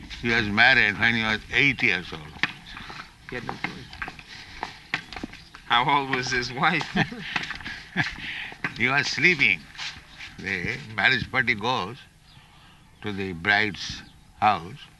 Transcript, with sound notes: he was married when he was eight years old.
[laughing] How old was his wife?
[laughs] He was sleeping. The marriage party goes to the bride's house.